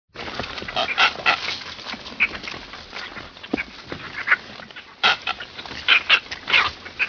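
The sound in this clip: Red-footed booby harsh calls, short rasping squawks scattered through, with louder bursts near the start and again after five seconds.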